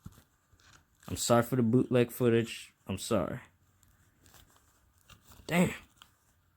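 A handheld game cartridge is handled at the slot of a cartridge backup reader, ready to be pushed in one-handed, while someone talks. Faint, brief handling ticks are heard between the speech. Nothing has seated or clicked yet.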